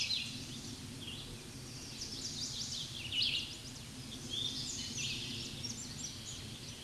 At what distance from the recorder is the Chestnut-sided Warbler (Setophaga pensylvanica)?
about 55 m